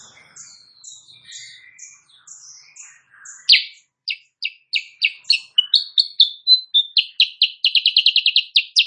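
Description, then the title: Sooty-headed bulbul song: soft, varied warbling at first, then loud sharp chirps repeated quickly, ending in a fast chattering run. Kutilang Sutra type; singing actively (gacor) in the morning; tutor recording (masteran) for training songbirds, said to make rival birds answer. "Masteran Kutilang Sutra. Kutilang Sutra GACOR pagi hari bikin lawannya AUTO NYAUT"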